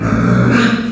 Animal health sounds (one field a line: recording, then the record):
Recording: squeal of a Yucatan mini pig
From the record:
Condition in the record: after surgery on the right vocal fold (resection and tissue-engineered implant)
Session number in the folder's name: 9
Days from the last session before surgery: 65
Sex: female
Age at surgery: 19 weeks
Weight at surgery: 25 kg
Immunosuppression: prednisolone